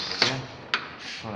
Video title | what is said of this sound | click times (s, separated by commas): royal enfield how to change chain sprocket kit | और इसको lock करते अ लॉक हो गया | 0.2 s, 0.7 s